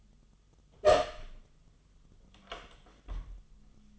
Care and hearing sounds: daily activity, microphone in the room; open door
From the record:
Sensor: 4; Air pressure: 1005.8 hPa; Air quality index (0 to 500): 88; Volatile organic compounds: 2 ppm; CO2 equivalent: 1084 ppm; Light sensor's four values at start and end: 13/30/12/11 and 13/29/11/11

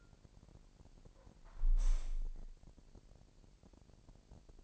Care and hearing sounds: daily activity, microphone in the room; close window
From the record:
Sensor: 5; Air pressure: 999.9 hPa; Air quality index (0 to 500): 247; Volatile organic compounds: 34 ppm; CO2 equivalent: 3043 ppm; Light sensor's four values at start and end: 35/80/32/30 and 34/80/32/30

